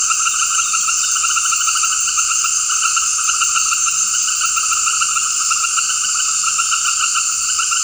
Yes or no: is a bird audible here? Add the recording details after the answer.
no. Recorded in dense forest near Puerto Asís, Putumayo, Colombia, on 18 February 2024 at 18:30. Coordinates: 0.485, -76.318. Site G6408